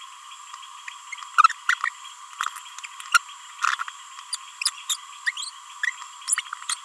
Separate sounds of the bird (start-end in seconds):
1.69-1.74, 3.14-3.18, 3.62-3.66, 3.79-3.82, 4.32-4.36, 4.89-4.94, 5.27-5.31, 5.37-5.50, 5.83-5.86, 6.28-6.35, 6.69-6.76